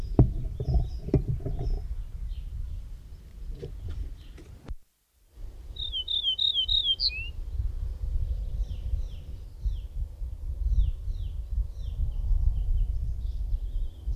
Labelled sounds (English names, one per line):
Ortolan Bunting song